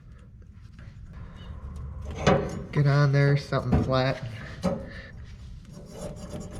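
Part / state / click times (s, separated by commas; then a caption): return line boot onto diesel injector return fitting / not seated / none. A rubber fuel return line boot, lubricated with spray, is being positioned to be pressed with a flat tool onto a diesel injector's return fitting on a John Deere 4230, with soft rubbing and scraping handling noises and a few small taps. Someone talks over the work. Nothing has seated or clicked yet.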